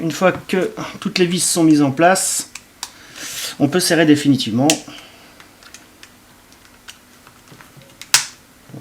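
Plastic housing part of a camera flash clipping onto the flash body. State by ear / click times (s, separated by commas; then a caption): seated / 8.1 s. Someone talks while reassembling a Canon Speedlite 580EX II flash after replacing its flash tube, followed by a few faint clicks and taps. At 8.1 s, the plastic housing part is pressed onto the flash body and clips into place with a loud, sharp snap, showing it is properly seated.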